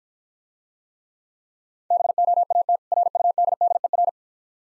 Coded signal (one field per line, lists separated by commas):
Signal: Morse code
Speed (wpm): 51 wpm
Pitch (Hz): 700 Hz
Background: none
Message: BOAT RUDDER